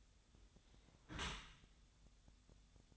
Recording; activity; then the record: daily activity, microphone in the room; close dishwasher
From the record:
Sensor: 3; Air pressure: 1004.6 hPa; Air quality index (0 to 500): 109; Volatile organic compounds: 5 ppm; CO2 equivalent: 1709 ppm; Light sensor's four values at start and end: 7/17/7/6 and 7/17/7/6